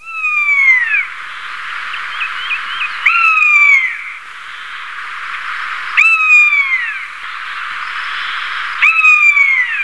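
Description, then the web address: Rough-legged buzzard giving drawn-out descending mewing calls, repeated roughly every three seconds over a steady hiss of background noise. "r goedegebuur. ruigpootbuizerd"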